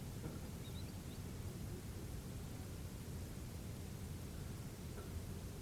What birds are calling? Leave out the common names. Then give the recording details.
Tringa ochropus. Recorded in France